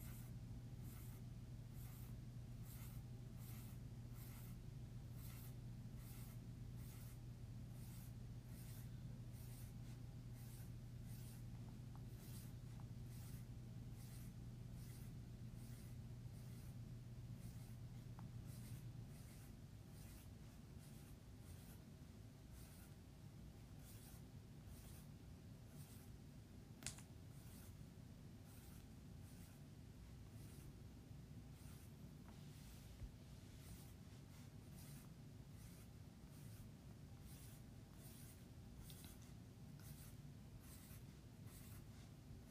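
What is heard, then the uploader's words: Steady writing with regular rapid scratchy strokes, a low hum under the first nineteen seconds, and a sharp tap near twenty-seven seconds. Writing Sounds. Here’s a variety of the different sounds writing makes. Includes sentence writing, certain words, lines, & circles.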